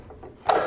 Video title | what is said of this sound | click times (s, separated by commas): Policorte Super Compacta ASM Ultra AC713 - Review & Teste | até travar pronto tá travado o disco | 0.5 s